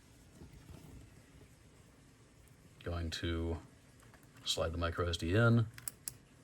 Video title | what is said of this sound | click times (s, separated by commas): For my brothers and my sons when they want to build their first computer | wait for the click and it's in and the computer should recognize it there it is okay cool | 6.1 s